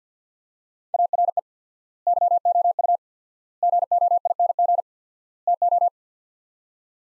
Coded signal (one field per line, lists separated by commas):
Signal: Morse code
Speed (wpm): 50 wpm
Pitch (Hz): 700 Hz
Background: none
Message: ARE YOU GOING TO